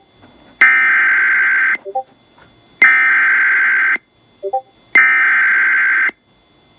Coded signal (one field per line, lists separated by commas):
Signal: Emergency Alert System (SAME) tones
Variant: header bursts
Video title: CHAR WV SVR (7/12/21) EAS 304